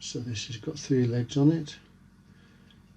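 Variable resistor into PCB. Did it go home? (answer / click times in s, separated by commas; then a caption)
yes / 2.7 s. Someone talks for the first two seconds while a variable resistor (trimmer) with three springy legs is pressed into the holes of a printed circuit board for a CD4017 and NE555 three-LED strobe kit. After a quiet stretch, a faint, short pop at 2.7 s marks the trimmer seating in place, held there by its springy legs.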